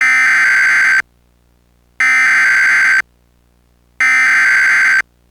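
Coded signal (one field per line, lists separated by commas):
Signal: Emergency Alert System (SAME) tones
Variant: header bursts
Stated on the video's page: Parody EAS using valid tones; fictional Yahtzee warning.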